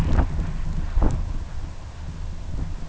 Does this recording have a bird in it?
no